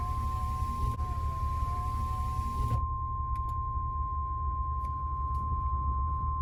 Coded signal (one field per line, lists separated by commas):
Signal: Emergency Alert System (SAME) tones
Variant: 1050 Hz attention tone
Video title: EAS 2: Severe Thunderstorm Warning: NWS BOSTON WKVB 107.3 FM